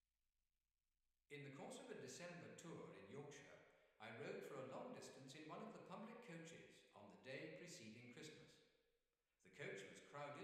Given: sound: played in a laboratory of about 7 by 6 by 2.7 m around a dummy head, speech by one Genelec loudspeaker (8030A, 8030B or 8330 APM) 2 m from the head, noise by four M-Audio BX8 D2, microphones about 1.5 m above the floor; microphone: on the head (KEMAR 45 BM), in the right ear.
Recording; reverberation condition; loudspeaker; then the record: male speech in English; high; 90 degrees to the right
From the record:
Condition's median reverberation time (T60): about 1300 ms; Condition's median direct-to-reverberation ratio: about -4.0 dB